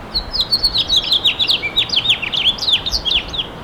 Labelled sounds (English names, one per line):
House Finch song